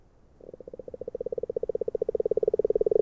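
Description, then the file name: Agile frog call, a fast run of soft, evenly spaced knocking notes building gradually in volume. Hungary. "Magyarorsz g B kahangjai - Erdei beka Agile Frog"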